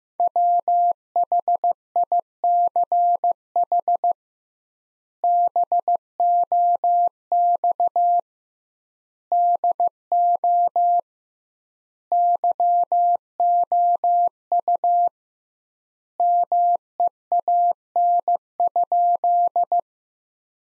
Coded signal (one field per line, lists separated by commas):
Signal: Morse code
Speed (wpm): 16 wpm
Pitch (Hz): 700 Hz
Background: none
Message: WHICH BOX DO YOU MEAN?